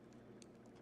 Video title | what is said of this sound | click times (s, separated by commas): Samsung NX1000 Unboxing Wi-Fi Capable Mirrorless Digital Camera | into the sock Clicks in place we slide that back so here's the camera now | 0.4 s